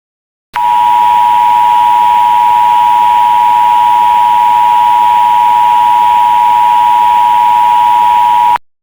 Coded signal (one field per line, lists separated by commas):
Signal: Emergency Alert System (SAME) tones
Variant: 853 and 960 Hz attention tone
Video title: EAS Recreation (4/24/25): Texas Amber Alert